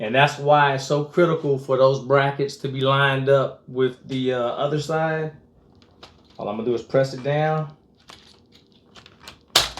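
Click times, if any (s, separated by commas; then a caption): 9.6 s. Someone talks, then after a pause and some light handling noises, a plastic grow-light holder bracket is pressed down onto the upright of a metal shelf. It seats with a sharp click at 9.6 s.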